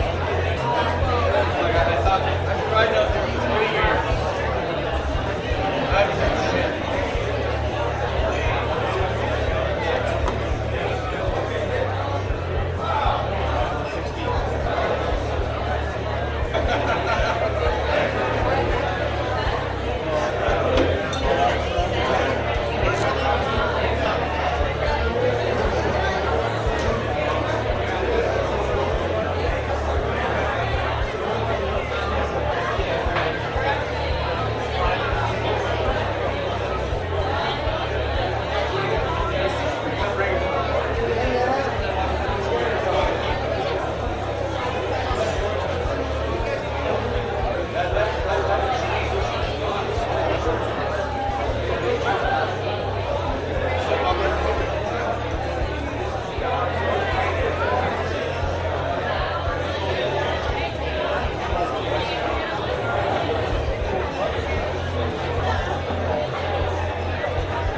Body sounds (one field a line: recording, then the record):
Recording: background sound without coughing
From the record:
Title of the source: CITY SOUNDS Busy Bar in the Evening Night - 2 HOURS of Ambiance for Relaxation